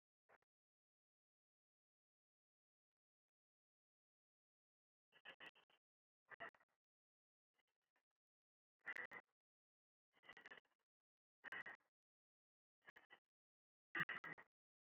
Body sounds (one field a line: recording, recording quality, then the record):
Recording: shallow breathing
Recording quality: excellent, no background noise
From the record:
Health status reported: healthy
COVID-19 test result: not tested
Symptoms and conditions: none ticked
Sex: male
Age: 47 years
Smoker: not ticked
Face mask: not worn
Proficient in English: yes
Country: India